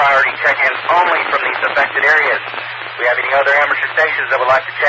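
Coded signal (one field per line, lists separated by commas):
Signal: Emergency Alert System (SAME) tones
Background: speech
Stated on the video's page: Received on a 145.2300 MHz Skywarn amateur repeater.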